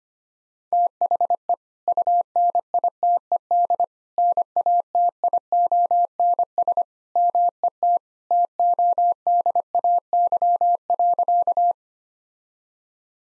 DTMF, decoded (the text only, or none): none